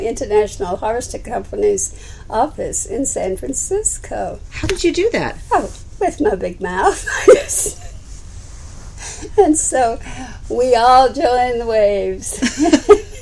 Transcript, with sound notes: International Harvester Company's office in San Francisco.
How did you do that?
With my big mouth.. (laughs) And so we all joined the WAVES.